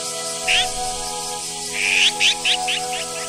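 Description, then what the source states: Azure-winged magpie calls, a harsh rasping note followed by a longer grating call and several shorter scratchy notes, over a steady mechanical hum. Yoyogi Park, Tokyo.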